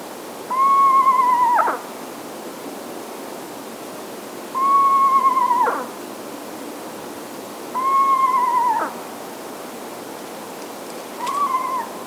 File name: Eastern Screech Owl - Megascops asio